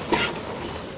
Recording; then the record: coughing mixed with background sound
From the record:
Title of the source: 55 gaggy wet cough